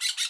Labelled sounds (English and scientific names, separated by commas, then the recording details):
Brown-throated Parakeet (Eupsittula pertinax) contact call
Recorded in Bonaire
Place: roosting area just N of Seru Largu
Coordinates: 12.199, -68.277